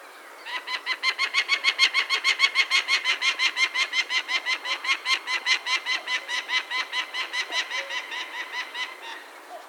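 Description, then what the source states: Peregrine falcon giving a long, rapid run of grating kek notes, swelling early and then slowly fading over nearly ten seconds. Recorded 6 May 2013, at about 13:10.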